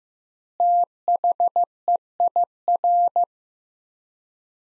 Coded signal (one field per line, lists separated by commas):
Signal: Morse code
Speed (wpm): 15 wpm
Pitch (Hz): 700 Hz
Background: none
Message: THEIR